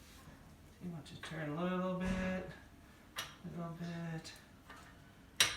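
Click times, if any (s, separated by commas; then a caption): 5.4 s. A child turns a wrench socket on a wheel's lug nut until it locks into place while someone talks. Faint ticks are heard, then a sharp click at 5.4 s as the socket seats onto the lug nut.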